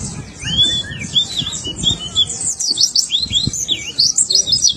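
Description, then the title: White-eye song, quick high twittering and buzzy chirps, a slurred whistle near the start, with low rumble underneath. "Pleci"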